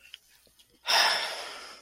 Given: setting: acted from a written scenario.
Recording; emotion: vocal sound without words; serenity